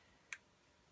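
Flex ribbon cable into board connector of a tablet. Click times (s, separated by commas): 0.3 s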